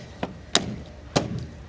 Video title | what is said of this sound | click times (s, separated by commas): Next Gen Ranger Raptor American Adventure Lab Trailer Plug Relocation Kit | hammer it in there to get it to lock into place. | 0.6 s, 1.2 s